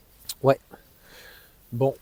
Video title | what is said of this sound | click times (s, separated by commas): Accessoire EVBASE 🏷️ Proteger ses jantes uberturbine Model Y & 3 perf 21" 20" pas cher abîmé neuf | non ça va s'écraser de toute façon la mousse va s'écraser puis ça se clipse | 0.3 s